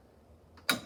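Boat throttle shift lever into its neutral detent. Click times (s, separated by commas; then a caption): 0.7 s. A boat's throttle/shift lever is moved out of reverse and back to neutral. A faint tick at about 0.6 s is followed by a sharp click at 0.7 s as its detent lock engages. The lever locks into neutral.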